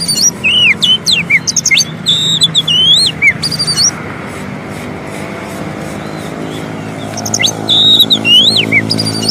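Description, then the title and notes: Oriental magpie-robin song: quick whistled and slurred notes for about three seconds, a pause with low hum, then another short whistled burst. Long-duration fill-in song for training magpie-robins to sing actively day and night. "Kacer Jadi Gacor Siang Malam. Isian Kacer Durasi Panjang"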